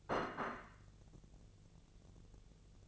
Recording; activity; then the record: daily activity, microphone in the room; place plate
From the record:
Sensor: 4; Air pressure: 1001.0 hPa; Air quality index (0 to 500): 144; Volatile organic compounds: 2 ppm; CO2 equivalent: 1066 ppm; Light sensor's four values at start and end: 26/63/26/28 and 26/63/26/28